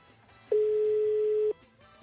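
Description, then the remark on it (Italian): A single steady, mid-pitched electronic ringing tone on a phone line holds for about one second and then cuts off unanswered as the call goes to voicemail, with only faint low background hum before and after. “No, adesso non risponde. Segreteria telefonica.”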